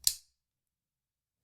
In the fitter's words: until you hit the click